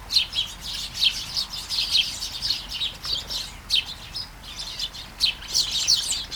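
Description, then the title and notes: Sparrow chirps in loose bursts, several birds overlapping. Flying sparrows in a garden at Taastrup, Denmark, early morning during a light shower; recorded on a Sony PCM-D100 with internal mics. "Kærengen 8, 2630 Taastrup, Denmark - Flying sparrows. Flying sparrows in the garden, early morning. Light shower. Vols de moineaux dans le jardin, au petit matin. Pluie fine"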